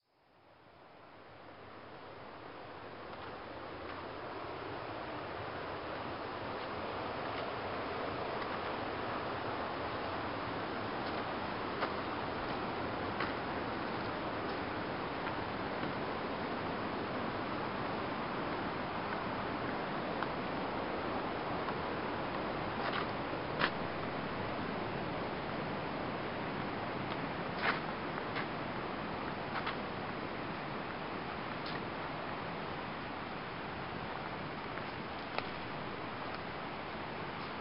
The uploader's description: Walking away from a small waterfall in the mountains of Namtok Mae Surin National Park in the northwest of Thailand, near the border with Burma